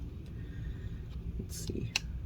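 A flex cable connector is handled over its logic board socket inside a 16-inch 2021 MacBook Pro A2485 M1 Max. Soft handling noises and brief taps are heard while someone talks. Nothing has seated or clicked yet.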